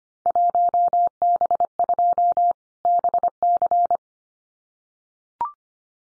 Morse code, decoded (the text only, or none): 1B2 BC